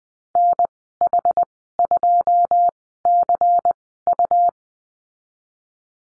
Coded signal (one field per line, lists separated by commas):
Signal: Morse code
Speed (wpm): 20 wpm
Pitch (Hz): 700 Hz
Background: none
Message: NH2CU